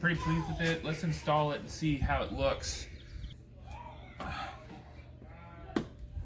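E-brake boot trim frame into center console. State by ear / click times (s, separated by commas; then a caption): seated / 5.8 s. A newly glued micro-suede e-brake boot cover on its plastic frame is installed into the center console trim opening of a 2015+ WRX while someone talks. The frame snaps in with a sharp click at 5.8 seconds, and the boot cover is seated.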